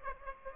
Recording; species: mosquito wingbeat signal from an infrared sensor; Aedes aegypti